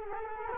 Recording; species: mosquito wingbeat signal from an infrared sensor; Culex quinquefasciatus